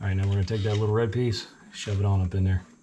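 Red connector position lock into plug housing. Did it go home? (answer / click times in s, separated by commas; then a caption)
no / none. Someone talks while handling the small red plastic connector position lock on a plug housing, part of a window regulator and keypad job on a 2011 Expedition. The red locking piece is about to be shoved up into the housing, but nothing has seated or clicked yet.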